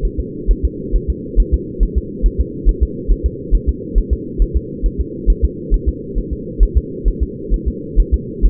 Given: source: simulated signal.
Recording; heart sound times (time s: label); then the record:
fetal heart sounds
0.05 s: S1
0.20 s: S2
0.51 s: S1
0.65 s: S2
0.96 s: S1
1.10 s: S2
1.40 s: S1
1.54 s: S2
1.83 s: S1
1.98 s: S2
2.26 s: S1
2.41 s: S2
2.69 s: S1
2.83 s: S2
3.12 s: S1
3.26 s: S2
3.55 s: S1
3.69 s: S2
3.98 s: S1
4.13 s: S2
4.42 s: S1
4.57 s: S2
4.86 s: S1
5.00 s: S2
5.30 s: S1
5.44 s: S2
5.74 s: S1
5.89 s: S2
6.18 s: S1
6.33 s: S2
6.63 s: S1
6.78 s: S2
7.08 s: S1
7.23 s: S2
7.54 s: S1
7.68 s: S2
8.00 s: S1
8.14 s: S2
8.46 s: S1
From the record:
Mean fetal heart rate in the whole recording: 135 bpm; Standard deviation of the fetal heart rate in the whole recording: 3 bpm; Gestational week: 36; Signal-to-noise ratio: -4.1 dB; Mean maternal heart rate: no maternal heart sound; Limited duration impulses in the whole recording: absent